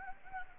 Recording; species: mosquito wingbeat signal from an infrared sensor; Anopheles gambiae